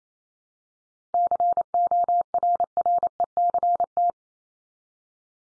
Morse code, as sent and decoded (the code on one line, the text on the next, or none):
-.-. --- .-. .-. . -.-. -
CORRECT